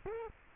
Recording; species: mosquito wingbeat signal from an infrared sensor; Culex quinquefasciatus